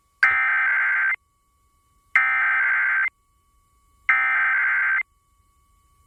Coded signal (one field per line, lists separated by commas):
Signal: Emergency Alert System (SAME) tones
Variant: header bursts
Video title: [EAS #2435-#2451] Los Angeles & Nevada RMTs + KLOS & KLLI Auto RWTs